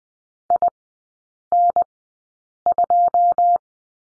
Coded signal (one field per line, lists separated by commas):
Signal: Morse code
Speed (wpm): 20 wpm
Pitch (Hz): 700 Hz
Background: none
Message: IN2